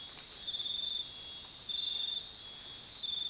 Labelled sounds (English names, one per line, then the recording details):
none
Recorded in dense forest near Puerto Asís, Putumayo, Colombia, on 19 February 2024 at 04:00
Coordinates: 0.466, -76.327
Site G6413